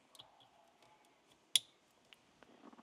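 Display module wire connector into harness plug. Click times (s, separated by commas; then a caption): 1.6 s. The plastic connector on the second wire of an updated centre display module for a Pajero is pushed into the display module's harness plug. Faint handling clicks lead up to one sharp, loud click at 1.6 s, followed by a few quieter rustles. The connector is seated in the harness.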